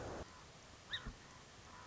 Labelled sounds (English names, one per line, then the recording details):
Song Sparrow
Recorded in Sonoma County, California